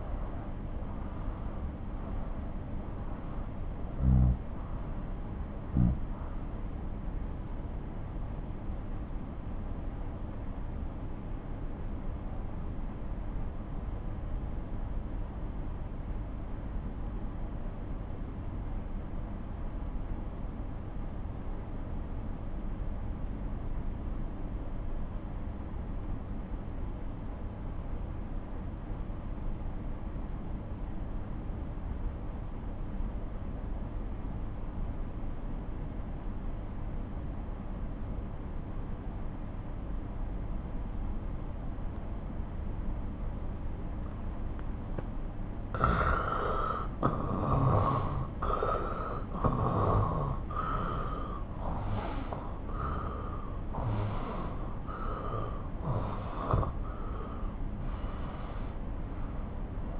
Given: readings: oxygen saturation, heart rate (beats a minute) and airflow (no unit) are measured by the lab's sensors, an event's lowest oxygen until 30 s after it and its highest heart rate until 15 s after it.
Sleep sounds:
breathing in sleep by a smartphone at the bedside; 1
3.00-44.50 s: obstructive apnea (N2, oxygen 96% highest, then 85% lowest)
From the record:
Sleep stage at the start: N2 (light sleep); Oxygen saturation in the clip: 89 to 96%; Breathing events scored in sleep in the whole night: 217 in 6.3 hours asleep

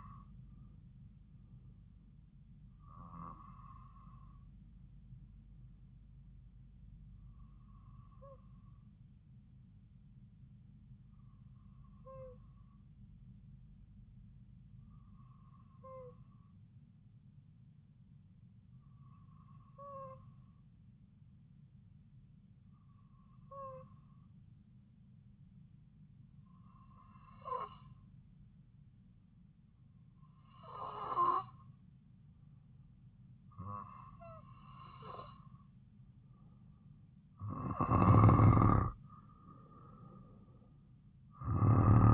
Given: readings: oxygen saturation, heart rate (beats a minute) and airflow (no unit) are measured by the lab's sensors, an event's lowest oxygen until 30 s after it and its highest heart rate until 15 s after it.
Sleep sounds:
breathing in sleep by a smartphone at the bedside; 1
13.00-35.10 s: hypopnea (N2, oxygen 96% highest, then 91% lowest)
From the record:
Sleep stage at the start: N2 (light sleep); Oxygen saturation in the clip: 92 to 96%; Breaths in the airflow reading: 11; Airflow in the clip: -4.6 to 4.1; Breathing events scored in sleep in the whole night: 270 in 6.1 hours asleep

